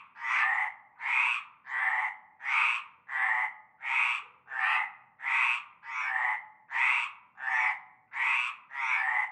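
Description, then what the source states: Croaking frogs, a dozen or so rasping calls in an even rhythm, each clipped and grating, with silence between. Frog chorus starting at nightfall in a large concrete basin with stagnant greenish water, Avenue Cante Coucou, Groupède, La Ciotat, Bouches-du-Rhône, Provence, France.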